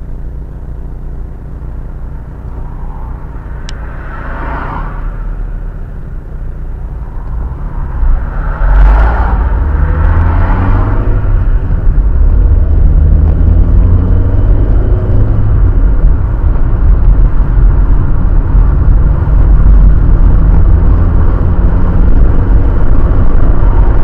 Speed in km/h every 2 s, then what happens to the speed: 0, 0, 0, 0, 17, 24, 35, 42, 42, 45, 53, 62.
0-6 standing. 6-24 pulls away to 62.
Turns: none.